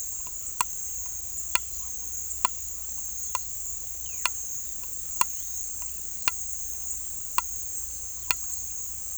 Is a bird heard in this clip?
no